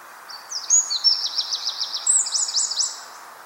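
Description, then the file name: Eurasian wren song: a rush of very high, rapid notes and sharp trills filling most, with light background hiss. "Troglodytes troglodytes"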